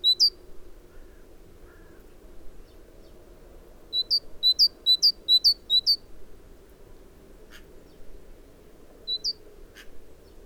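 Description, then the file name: Great tit calls: one early note, then a rapid run of about eight sharp hooked notes, and later two more, with faint clicks between. "Parus major"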